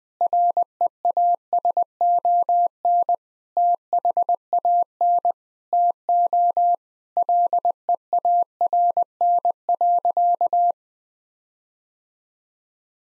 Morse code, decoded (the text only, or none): REASON THAN TO LEARN.